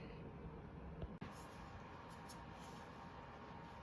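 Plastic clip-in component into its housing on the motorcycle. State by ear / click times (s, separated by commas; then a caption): not seated / none. A plastic clip-in component is lined up and worked into its housing on a ZX6R motorcycle during a Rapid Bike Racing quick shifter install. A steady broadband hum runs throughout, with a brief faint tick near 1.0 s and a short dip in the noise around 1.2 s. The part has not clicked into place yet.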